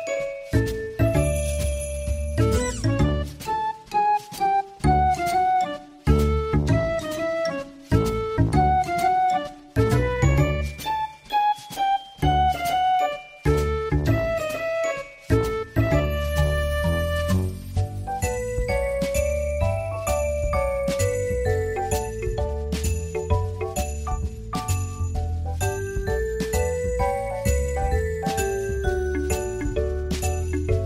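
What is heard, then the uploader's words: Piano music plays, a melodic line over low chords with frequent short gaps and bright bell-like tones in the first fifteen seconds. After that the playing turns continuous and smoother, with sustained notes and a gently wavering melody over a steady low bed. Cozy Coffee Shop with Smooth Piano sounds.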